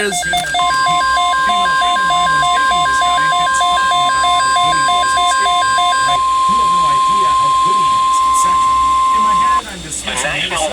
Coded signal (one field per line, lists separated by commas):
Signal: Emergency Alert System (SAME) tones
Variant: 1050 Hz attention tone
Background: speech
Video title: SVA #391(EAS#348)